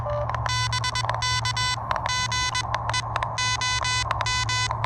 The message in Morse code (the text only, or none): BK GE OM